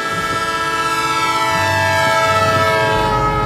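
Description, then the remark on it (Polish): A locomotive whistle shrieks continuously, a loud, piercing, multi-toned blast held steady for several seconds over the low, rumbling clatter of a moving train. “Uderzenie poczuł w tej samej chwili, kiedy do huku dołączył wiercący gwizd lokomotywy.”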